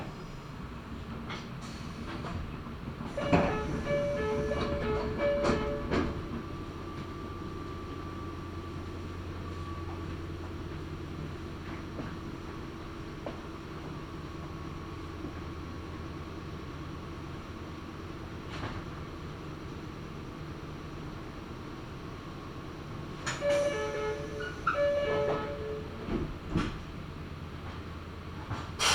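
Ride on a Meitetsu Gamagori Line train from Gamagori toward Kira-Yoshida, with a steady low rumble of the running carriage throughout. Bursts of bright chiming tones with clatter appear around 3–6 seconds and again near 23–27 seconds, while scattered clicks and knocks punctuate the drone.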